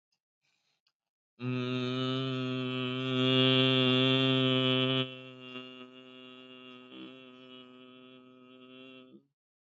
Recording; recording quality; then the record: sustained vowel as in boot; excellent, no background noise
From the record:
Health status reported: healthy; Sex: male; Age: 62 years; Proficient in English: yes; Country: India